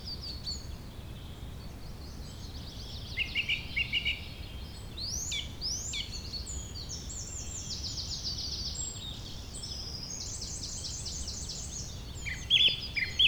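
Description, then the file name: Birds singing: overlapping buzzy trills, a short stuttered series around three to four seconds, and loud sharp notes at the very end. "beautiful Birdsong"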